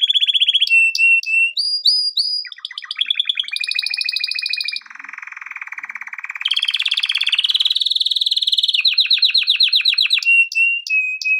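Canary song with sharp high notes and whistles, followed by continuous trills of rapid repeated syllables, some low and buzzy, others bright and higher.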